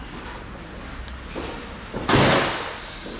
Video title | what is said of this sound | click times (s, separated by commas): Meeting the New Aston Martin Vanquish S | So let's shut this back down. Clicked into place. | 2.1 s